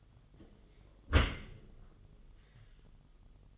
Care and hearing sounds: daily activity, microphone in the room; close dishwasher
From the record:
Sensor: 4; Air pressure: 1005.6 hPa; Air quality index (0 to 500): 110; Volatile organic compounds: 3 ppm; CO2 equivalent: 1378 ppm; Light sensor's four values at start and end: 11/24/9/9 and 11/25/10/10

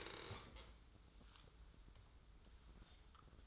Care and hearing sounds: daily activity, microphone in the room; stand up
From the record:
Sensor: 3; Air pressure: 994.4 hPa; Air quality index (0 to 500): 199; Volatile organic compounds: 1000 ppm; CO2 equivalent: 6615 ppm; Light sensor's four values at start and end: 177/418/179/178 and 196/466/199/201

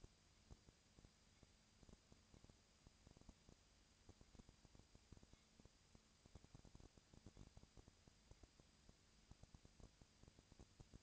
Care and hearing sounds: daily activity, microphone in the room; no activity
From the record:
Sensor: 2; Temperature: 20.3 degrees Celsius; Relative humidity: 37.0%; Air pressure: 998.7 hPa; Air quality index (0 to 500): 236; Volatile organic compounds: 38 ppm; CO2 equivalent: 3114 ppm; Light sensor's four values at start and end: 2/3/2/2 and 2/3/2/2

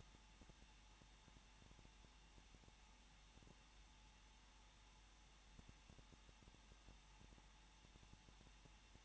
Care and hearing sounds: daily activity, microphone in the room; no activity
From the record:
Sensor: 1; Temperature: 20.1 degrees Celsius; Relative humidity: 39.4%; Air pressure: 1006.4 hPa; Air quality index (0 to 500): 219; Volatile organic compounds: 81 ppm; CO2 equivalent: 3612 ppm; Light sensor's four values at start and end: 1/2/1/1 and 1/2/1/1

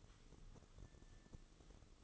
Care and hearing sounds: daily activity, microphone in the room; sweep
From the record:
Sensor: 4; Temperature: 26.8 degrees Celsius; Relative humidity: 28.1%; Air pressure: 996.7 hPa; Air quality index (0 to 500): 87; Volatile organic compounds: 4 ppm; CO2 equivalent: 1684 ppm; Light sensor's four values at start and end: 19/52/20/21 and 19/52/20/21

